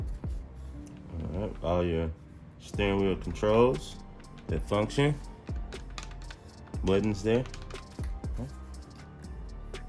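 A plastic steering wheel assembly carrying the control buttons is handled and lined up to be pressed into the dashboard mount of a Costzon 2-seater 24V electric ride-on kids car, a licensed Cadillac. Someone talks over light plastic taps and knocks. Nothing has seated or clicked into place yet.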